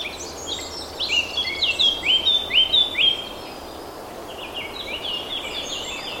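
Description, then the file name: Eurasian blackcap song, with loud whistled notes sliding in pitch in the middle, then a quieter, softer warble over background hiss. "Sylvia atricapilla"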